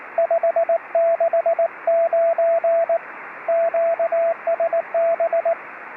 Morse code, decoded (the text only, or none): 569 QSB